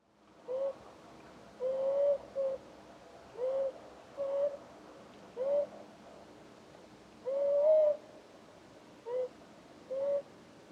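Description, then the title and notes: Eurasian beaver whining calls, short tonal moans with a slight upward bend, given in several separate bouts with quiet gaps between them. Czarny Dunajec, Lesser Poland, Poland; recorded with a Zoom F3 and Usi Pro microphones in a drop rig. "Czarny Dunajec, województwo małopolskie, Polska - Voice of European Beaver."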